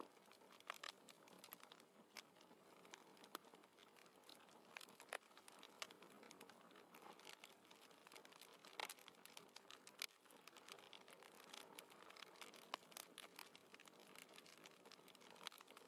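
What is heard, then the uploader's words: A crackling fireplace pops and snaps steadily, with sharp bright cracks every second or so and a few louder bursts near the middle and end. Underneath runs a constant soft hiss and low rumble, like wind from a blizzard outside. Crackling fireplace & blizzard.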